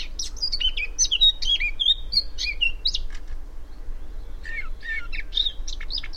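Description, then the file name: Eurasian blackcap song, a quick run of varied chirps and fluty whistled notes in two bursts separated by a short pause, over a low steady rumble. "Sylvia atricapilla"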